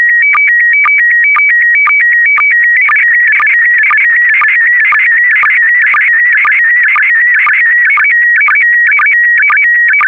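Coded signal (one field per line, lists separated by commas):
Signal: SSTV (slow-scan television)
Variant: PD120 mode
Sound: warbling tone jumping between two pitches, with short low blips about twice a second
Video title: (08 of 12) ISS Expedition 65 - MAI 75 June 2021 - Retransmission SSTV PD120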